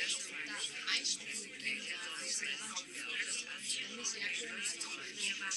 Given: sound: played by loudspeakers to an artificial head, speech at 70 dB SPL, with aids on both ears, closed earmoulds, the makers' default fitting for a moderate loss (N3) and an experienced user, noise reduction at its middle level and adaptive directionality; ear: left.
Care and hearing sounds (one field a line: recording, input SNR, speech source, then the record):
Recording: speech test signal (ISTS) in cocktail-party noise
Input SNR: -6 dB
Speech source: on the right (90 degrees)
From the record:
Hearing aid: class 1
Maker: J